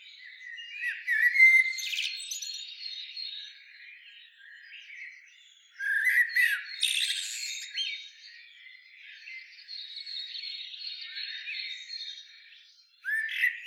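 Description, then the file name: Common blackbird giving a few bursts of brief warbled notes ending in high squeaky twitters, separated by quieter passages. "Turdus merula"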